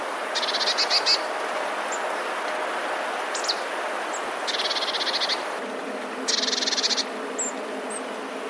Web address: wroblowe teka mies 15 12 2019. wroblowe teka modraszkoteka